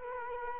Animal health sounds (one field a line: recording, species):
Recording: mosquito wingbeat signal from an infrared sensor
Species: Culex quinquefasciatus